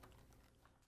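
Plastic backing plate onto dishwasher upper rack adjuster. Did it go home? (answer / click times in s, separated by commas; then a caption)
no / none. A plastic backing plate is handled onto the upper dishrack adjuster (part 8193741) of a Whirlpool/KitchenAid/Maytag dishwasher, its tab being hooked into the other piece before the plate is swung down. Quiet handling noises are heard, with brief light clicks at about 0.0 s and 0.7 s. Nothing has seated or snapped into place yet.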